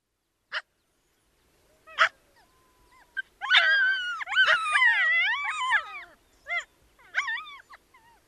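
Ethiopian wolf calling with scattered sharp yelps, then a burst of overlapping wavering howls that rise and fall, trailing into a few short yips.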